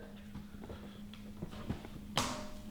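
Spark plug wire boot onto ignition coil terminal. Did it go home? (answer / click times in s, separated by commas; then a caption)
yes / 2.2 s. A spark plug wire boot on a C7 Corvette engine is pushed onto its ignition coil terminal after the wire end is routed into place. Faint handling knocks and rustles lead up to a sharp click at 2.2 s as the boot seats onto the coil. No one talks.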